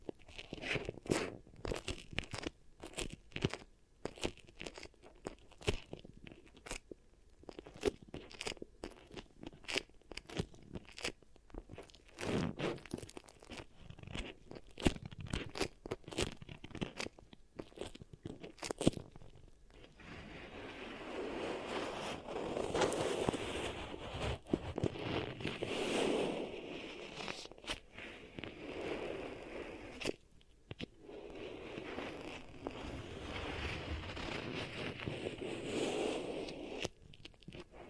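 Beeswax being pressed and worked produces dense, rapid crackles and crunches for twenty seconds, then softer squishy rubbing that swells and fades repeatedly.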